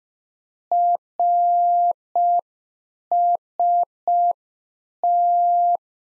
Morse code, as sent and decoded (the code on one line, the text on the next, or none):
.-. ... -
RST